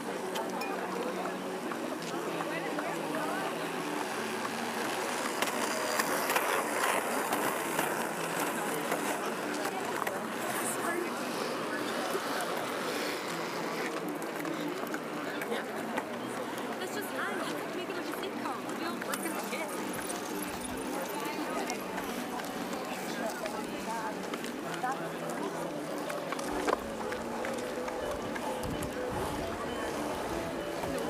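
Hundreds of people go about their activities on the Tempelhofer Freiheit in Berlin, their voices merging into a dense, steady murmur of chatter. The level hardly changes across the half minute, with a faint low rumble underneath and occasional sharper sounds near the end.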